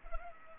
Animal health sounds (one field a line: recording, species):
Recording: mosquito wingbeat signal from an infrared sensor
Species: Culex pipiens